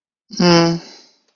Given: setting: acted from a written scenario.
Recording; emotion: vocal sound without words; shame